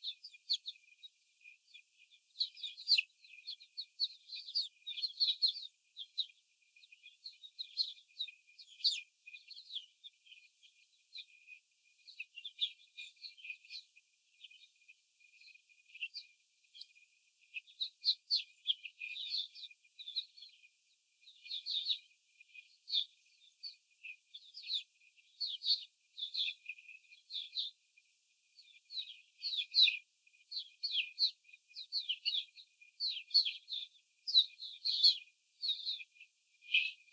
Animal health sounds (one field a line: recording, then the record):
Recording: young laying hens in a cage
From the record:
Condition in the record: after the stressor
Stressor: simulated dog barking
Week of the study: 4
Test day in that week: 3